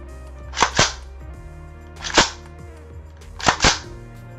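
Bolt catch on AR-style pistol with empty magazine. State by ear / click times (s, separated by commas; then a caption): not seated / none. With an empty 30-round magazine locked into an Inter Ordnance M215 9mm KM-7 AR-style pistol, the bolt is cycled and runs forward with loud, sharp metallic clacks in three bursts, around 0.6–0.8 s, 2.2 s and 3.5–3.7 s. The bolt hold-open does not catch, so the bolt fails to lock back on the empty magazine, and nothing has seated or clicked into a locked position yet.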